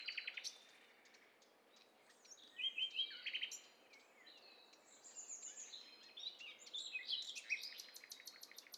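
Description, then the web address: Mixed chorus of birds, overlapping chirps, whistled notes and fast buzzy trills, ending with a rapid series of sharp ticking notes over light background noise. Several birds calling at once; stereo recording. "Hi Fi STEREO BIRD COCKTAIL PARTY Challenge"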